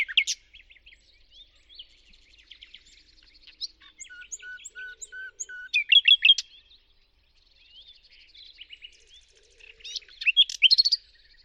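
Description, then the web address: Bird song mixing twittering chatter, a short run of steady whistled notes, and loud bursts of sharp chirps near six and eleven seconds, over soft background twitters. "birddata Deverinetal 2025 Bird Only Lu Me Lu Me"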